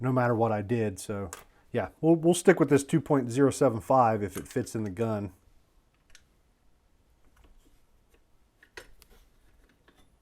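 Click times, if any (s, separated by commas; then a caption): none. A freshly loaded 300 BLK round, a 190gr Sub-X bullet in a brass case at about 2.75 in overall length, is checked for fit before it goes into the magazine. Someone talks for the first five seconds, then quiet handling follows with faint clicks near 6.2, 8.6, 8.8, 9.0 and 9.9 seconds. The cartridge has not snapped into the magazine yet and nothing has seated by the end.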